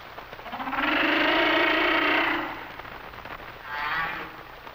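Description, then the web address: Humpback whale song: a long, broad, buzzy groan lasting over a second, followed by a shorter, fainter moan, with background hiss. "Whale Songs Sounds of Nature - Humpback Whales"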